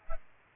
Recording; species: mosquito wingbeat signal from an infrared sensor; Aedes aegypti